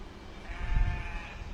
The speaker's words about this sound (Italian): Poi, se fai attenzione, senti bene, si sentono le pecore da Formello.